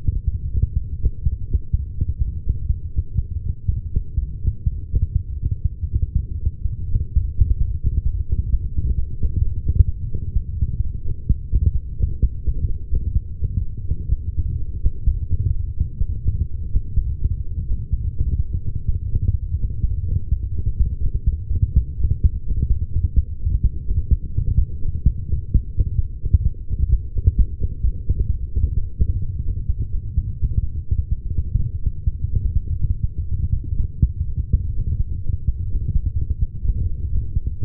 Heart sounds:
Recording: heart sounds by stethoscope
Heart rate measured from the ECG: 119 bpm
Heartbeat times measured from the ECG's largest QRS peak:
0.43 s: heartbeat
0.97 s: heartbeat
1.51 s: heartbeat
2.05 s: heartbeat
2.59 s: heartbeat
3.13 s: heartbeat
3.66 s: heartbeat
4.19 s: heartbeat
4.72 s: heartbeat
5.26 s: heartbeat
5.79 s: heartbeat
6.32 s: heartbeat
6.85 s: heartbeat
7.38 s: heartbeat
7.91 s: heartbeat
8.43 s: heartbeat
8.95 s: heartbeat
9.48 s: heartbeat
9.99 s: heartbeat
10.51 s: heartbeat
11.02 s: heartbeat
11.53 s: heartbeat
12.04 s: heartbeat
12.54 s: heartbeat
13.06 s: heartbeat
13.56 s: heartbeat
14.07 s: heartbeat
14.57 s: heartbeat
15.07 s: heartbeat
15.57 s: heartbeat
16.06 s: heartbeat
16.56 s: heartbeat
17.05 s: heartbeat
17.55 s: heartbeat
18.04 s: heartbeat
18.53 s: heartbeat
19.02 s: heartbeat
19.51 s: heartbeat
20.00 s: heartbeat
20.50 s: heartbeat
20.99 s: heartbeat
21.48 s: heartbeat
21.97 s: heartbeat
22.46 s: heartbeat
22.95 s: heartbeat
23.44 s: heartbeat
23.93 s: heartbeat
24.41 s: heartbeat
24.90 s: heartbeat
25.40 s: heartbeat
25.89 s: heartbeat
26.38 s: heartbeat
26.87 s: heartbeat
27.36 s: heartbeat
27.84 s: heartbeat
28.33 s: heartbeat
28.81 s: heartbeat
29.30 s: heartbeat
29.78 s: heartbeat
30.26 s: heartbeat
30.75 s: heartbeat
31.23 s: heartbeat
31.72 s: heartbeat
32.21 s: heartbeat
32.70 s: heartbeat
33.19 s: heartbeat
33.69 s: heartbeat
34.18 s: heartbeat
34.67 s: heartbeat
35.16 s: heartbeat
35.65 s: heartbeat
36.13 s: heartbeat
36.62 s: heartbeat
37.10 s: heartbeat
37.58 s: heartbeat
From the record:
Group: healthy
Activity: light exercise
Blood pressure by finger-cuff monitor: 142/76 mmHg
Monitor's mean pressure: 95 mmHg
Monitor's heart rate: 120 bpm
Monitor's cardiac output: 10.1 L/min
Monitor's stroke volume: 85 mL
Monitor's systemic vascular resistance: 590 dyn s/cm5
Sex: female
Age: 43 years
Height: 160 cm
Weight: 90 kg

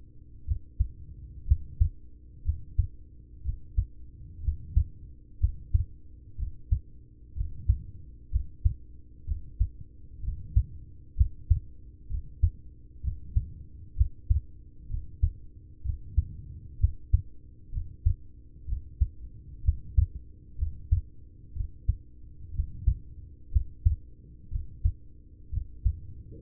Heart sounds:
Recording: heart sounds by stethoscope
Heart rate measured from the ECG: 62 bpm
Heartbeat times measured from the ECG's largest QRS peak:
0.44 s: heartbeat
1.44 s: heartbeat
2.42 s: heartbeat
3.41 s: heartbeat
4.40 s: heartbeat
5.37 s: heartbeat
6.35 s: heartbeat
7.33 s: heartbeat
8.28 s: heartbeat
9.24 s: heartbeat
10.20 s: heartbeat
11.14 s: heartbeat
12.06 s: heartbeat
13.00 s: heartbeat
13.94 s: heartbeat
14.86 s: heartbeat
15.82 s: heartbeat
16.76 s: heartbeat
17.69 s: heartbeat
18.65 s: heartbeat
19.61 s: heartbeat
20.55 s: heartbeat
21.52 s: heartbeat
22.51 s: heartbeat
23.49 s: heartbeat
24.48 s: heartbeat
25.49 s: heartbeat
From the record:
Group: heart failure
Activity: rest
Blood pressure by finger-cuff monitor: 88/48 mmHg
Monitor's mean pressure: 62 mmHg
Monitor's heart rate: 62 bpm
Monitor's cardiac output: 5.5 L/min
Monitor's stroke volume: 90 mL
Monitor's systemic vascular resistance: 780 dyn s/cm5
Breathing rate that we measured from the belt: 19 breaths a minute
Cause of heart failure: ischemic heart disease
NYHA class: 1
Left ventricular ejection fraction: 33%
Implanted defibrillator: present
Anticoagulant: apixaban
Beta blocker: carvedilol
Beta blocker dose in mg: 18.75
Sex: male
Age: 39 years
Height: 168 cm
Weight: 72 kg

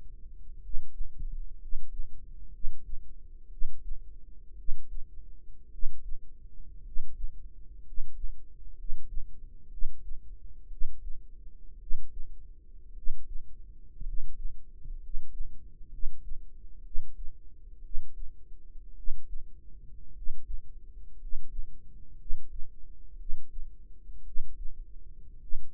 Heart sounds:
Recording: heart sounds by microphone in the right ear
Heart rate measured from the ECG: 58 bpm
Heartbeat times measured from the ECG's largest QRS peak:
0.58 s: heartbeat
1.56 s: heartbeat
2.49 s: heartbeat
3.47 s: heartbeat
4.54 s: heartbeat
5.68 s: heartbeat
6.80 s: heartbeat
7.81 s: heartbeat
8.73 s: heartbeat
9.67 s: heartbeat
10.67 s: heartbeat
11.76 s: heartbeat
12.92 s: heartbeat
14.02 s: heartbeat
14.97 s: heartbeat
15.88 s: heartbeat
16.81 s: heartbeat
17.80 s: heartbeat
18.93 s: heartbeat
20.11 s: heartbeat
21.16 s: heartbeat
22.15 s: heartbeat
23.15 s: heartbeat
24.22 s: heartbeat
25.36 s: heartbeat
From the record:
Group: healthy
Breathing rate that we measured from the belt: 9 breaths a minute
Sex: male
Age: 25 years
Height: 170 cm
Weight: 70.4 kg

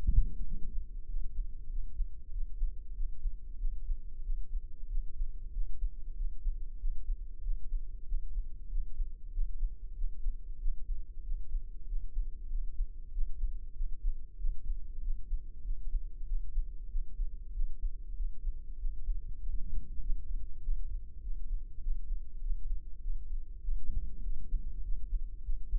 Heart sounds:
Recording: heart sounds by microphone in the left ear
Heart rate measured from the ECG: 96 bpm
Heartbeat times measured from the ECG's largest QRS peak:
0.46 s: heartbeat
1.09 s: heartbeat
1.71 s: heartbeat
2.33 s: heartbeat
2.96 s: heartbeat
3.60 s: heartbeat
4.25 s: heartbeat
4.90 s: heartbeat
5.54 s: heartbeat
6.17 s: heartbeat
6.80 s: heartbeat
7.44 s: heartbeat
8.07 s: heartbeat
8.71 s: heartbeat
9.34 s: heartbeat
9.97 s: heartbeat
10.61 s: heartbeat
11.25 s: heartbeat
11.89 s: heartbeat
12.51 s: heartbeat
13.14 s: heartbeat
13.76 s: heartbeat
14.40 s: heartbeat
15.03 s: heartbeat
15.65 s: heartbeat
16.28 s: heartbeat
16.91 s: heartbeat
17.55 s: heartbeat
18.18 s: heartbeat
18.80 s: heartbeat
19.41 s: heartbeat
20.02 s: heartbeat
20.63 s: heartbeat
21.23 s: heartbeat
21.83 s: heartbeat
22.42 s: heartbeat
23.03 s: heartbeat
23.63 s: heartbeat
24.25 s: heartbeat
24.85 s: heartbeat
25.45 s: heartbeat
From the record:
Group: healthy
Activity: rest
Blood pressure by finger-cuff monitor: 157/93 mmHg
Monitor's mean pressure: 110 mmHg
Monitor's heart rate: 96 bpm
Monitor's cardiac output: 7.5 L/min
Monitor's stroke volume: 78 mL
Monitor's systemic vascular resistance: 1080 dyn s/cm5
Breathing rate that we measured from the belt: 19 breaths a minute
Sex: male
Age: 21 years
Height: 175 cm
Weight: 72.6 kg

